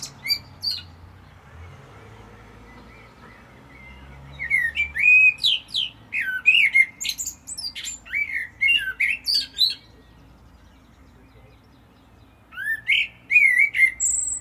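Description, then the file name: Common blackbird song, a long warbled phrase of fluted whistles mixed with high squeaky notes, then after a pause a second shorter phrase of the same kind. "Turdus merula"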